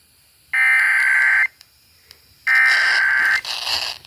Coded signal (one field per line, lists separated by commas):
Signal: Emergency Alert System (SAME) tones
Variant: header bursts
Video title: EAS #324-333 Third Amber Alert on Multiple FM Stations